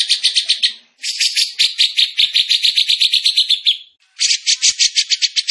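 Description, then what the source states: Bird song: quick repeated buzzy notes, a long rattling trill, a brief pause, then more fast pulsed notes. Masteran training recording of a tembakan bird singing energetically (gacor); Indonesia.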